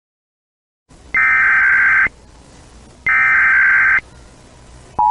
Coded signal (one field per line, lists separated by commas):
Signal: Emergency Alert System (SAME) tones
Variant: header bursts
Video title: First Video Of 2021 EAS#90-115